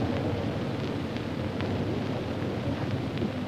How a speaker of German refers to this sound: Schwerfällig bewegen sich durch diese Maschinen auf der Erde und in der Luft sind sie so ungeheuer flink. Wie Maikäfer rollen sie langsam über das Rollfeld. Die Maschine zieht näher. Und zwar in Richtung auf die große Flugzeughalle hin.